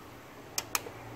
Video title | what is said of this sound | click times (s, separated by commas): HOW TO INSTALL M TRI COLOURED GRILLE ON A BMW F30 | Clips into place, and the third is the light blue, which | 0.6 s, 0.8 s